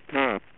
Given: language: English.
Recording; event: throat vibration sensor signal played as sound; speech